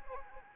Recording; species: mosquito wingbeat signal from an infrared sensor; Anopheles arabiensis